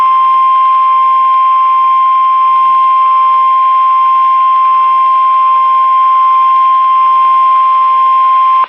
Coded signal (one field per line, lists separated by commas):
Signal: Emergency Alert System (SAME) tones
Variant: 1050 Hz attention tone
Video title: Severe Weather Statement (EAS #40)